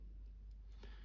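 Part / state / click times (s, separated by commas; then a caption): plastic/metal model part into its locating lug on the scale car model / seated / 0.8 s. A plastic or metal part of a 1:8 scale Back to the Future DeLorean model kit, which had moved out of place, is pushed back onto its locating lug. After a quiet, steady background, a single soft click is heard at 0.8 seconds as the part seats onto the lug.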